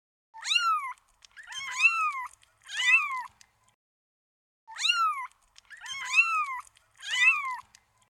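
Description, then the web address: Cat meowing: six drawn-out, tonal meows that rise and then fall, given in two sets of three separated by a pause, with no other sounds. "AB Luistertuin Poes"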